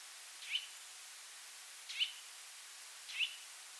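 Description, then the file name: Eurasian nuthatch calling with three brief, sharp notes spaced over a few seconds, with faint hissing background noise throughout. "Sitta europaea"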